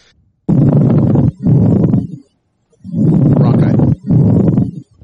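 Pleural friction rub heard by stethoscope over an adult chest: low-pitched grating sounds on both inspiration and expiration, made as the pleural linings rub together after losing their lubrication, most commonly from inflammation of the pleura. The patient has pain in one place of the chest; a rub is usually associated with pain on inspiration.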